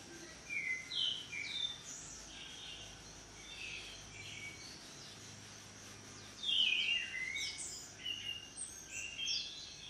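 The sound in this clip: Bird song of short whistled chirps and downslurred notes in scattered bursts, over a steady hiss of background noise.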